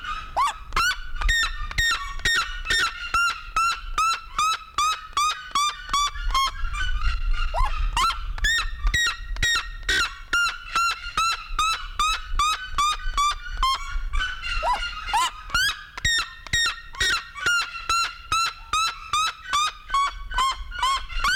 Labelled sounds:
Black-legged Seriema call
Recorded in captivity
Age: adult
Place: Zoo Berlin, Berlin, DE
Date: 1993-01-16 11:24
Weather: heiter, 10-13°C
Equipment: Marantz CP 430, Sennheiser ME 80, Kopie Uher Variocord 263
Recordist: Tembrock, Günter

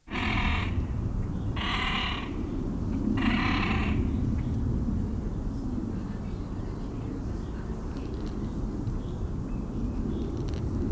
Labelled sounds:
Great Crested Grebe call
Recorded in the wild
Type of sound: call
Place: Schloß Dammsmühle, Brandenburg, DE
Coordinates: 52.69, 13.41
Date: 1995-05-01 17:21
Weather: heiter 14-15°C
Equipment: Marantz CP 430, Sennheiser ME 80, Kopie Uher 4000 Report Monitor
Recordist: Tembrock, Günter
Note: See: Rufreihe im Nestbereich

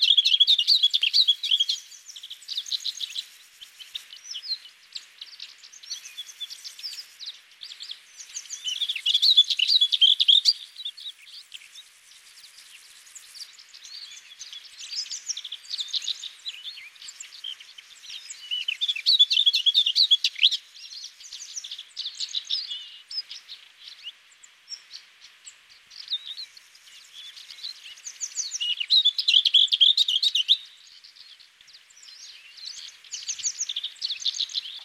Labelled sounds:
Lesser Whitethroat song
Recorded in the wild
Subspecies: althaea
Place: Chimgan, UZ
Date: 2001-05-25
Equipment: MiniDisc Sharp MT 20 H
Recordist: Schwarz, Dieter

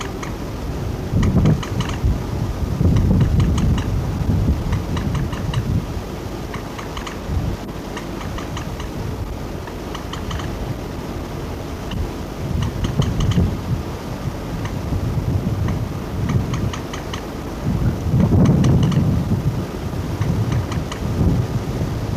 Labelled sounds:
Common Moorhen call
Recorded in the wild
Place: Halle, Sachsen-Anhalt, DE
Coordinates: 51.4167, 12
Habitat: lake
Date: 1963-06-16
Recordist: Stiefel, Arnd

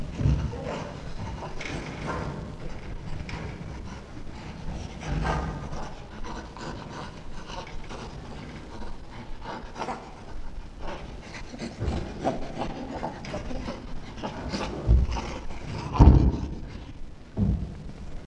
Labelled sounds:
Chimpanzee
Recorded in captivity
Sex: male
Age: juvenile
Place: Tierpark Berlin, Berlin, DE
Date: 1965-09-03
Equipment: Grundig TK 1 Luxus, Transistorverstärker 1
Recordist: Altmann, Dagmar
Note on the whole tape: Tim - Kitzellachen (Schimpanse 3 Jahre)

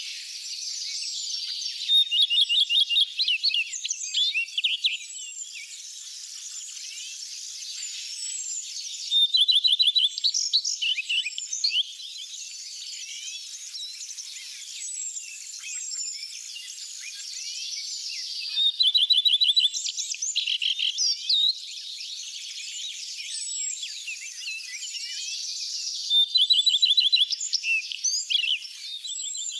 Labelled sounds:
Common Redstart song
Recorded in the wild
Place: Oberrotweil am Kaiserstuhl, Baden-Württemberg, DE
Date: 1991-05-19
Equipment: Dat-Recorder Casio DA 7, Telinga M2, stereo, Telinga-Parabolspiegel
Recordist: Schwarz, Dieter

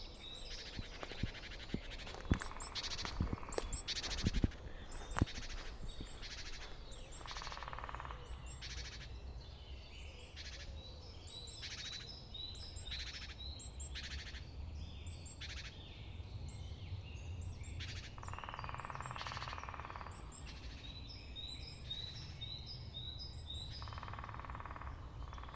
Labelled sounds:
Lesser Spotted Woodpecker drumming
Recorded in the wild
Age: adult
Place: Hobrechtsfelder Rieselfelder, Naturpark Barnim, Berlin, DE
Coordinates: 52.663, 13.466
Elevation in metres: 60
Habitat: deciderous forest
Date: 2014-03-23
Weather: sunny, 7-8°C, almost no wind
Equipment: Sound Devices 702, Sennheiser MKH 70, Rycote Windschutz
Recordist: Frommolt, Karl-Heinz

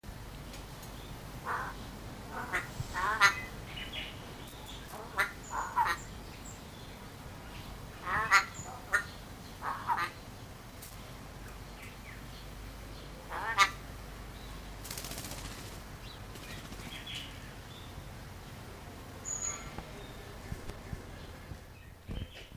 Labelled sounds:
Yellow-faced Myna call
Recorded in captivity
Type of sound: call
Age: adult
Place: Zoo Berlin, Berlin, DE
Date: 2002-09-04 15:32
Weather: fair, 24 - 26°C
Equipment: Nagra SN, Kopie Uher 4000 Report Monitor
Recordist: Tembrock, Günter
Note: Zwei Tiere: kurze Lautfolgen

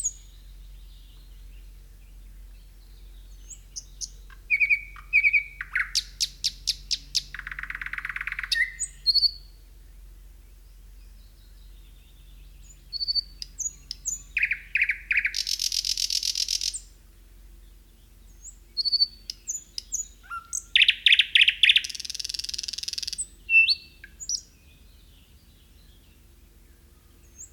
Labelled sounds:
Thrush Nightingale song
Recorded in the wild
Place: Siggermow, Insel Rügen, Mecklenburg-Vorpommern, DE
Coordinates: 54.391, 13.461
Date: 1971-05-29
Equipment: Nagra III BH, Sennheiser MD 21, parabola
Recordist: Schubert, Michael

